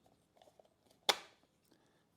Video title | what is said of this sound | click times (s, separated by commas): How To Reattach The Head On A Ryobi Expandit 40V Weed Wacker - Grass Trimmer (Fix It Fast & Easy!) | You can see it just clicked into place. | 1.1 s